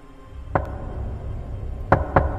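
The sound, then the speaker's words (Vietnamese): Knocking on a door from outside on a cold night: a single sharp rap, a long pause, then three firm knocks in quick, even succession over a low, steady rumble. “Và tiếng gõ cửa đều đều ở bên ngoài vẫn cứ dội lại.”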